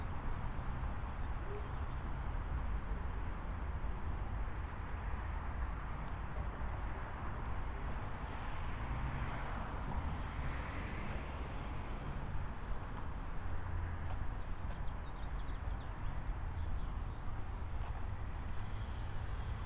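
A binaural walk through San Diego: steady traffic rumble, dense and low, with faint brighter swells and occasional short clicks throughout.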